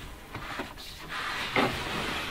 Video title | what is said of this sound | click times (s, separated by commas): SINGLE CAB TOURING FITOUT | then just locked into place like that | 1.6 s